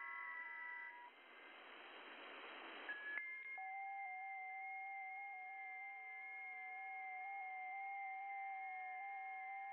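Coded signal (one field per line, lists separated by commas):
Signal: FT8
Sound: brief hiss, then several steady overlapping tones warbling slowly in small pitch steps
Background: radio static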